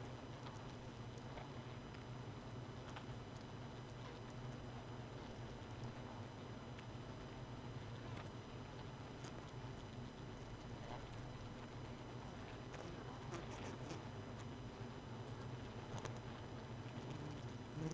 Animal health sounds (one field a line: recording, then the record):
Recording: honeybee colony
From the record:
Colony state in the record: missing queen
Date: 31 May 2018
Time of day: 1:07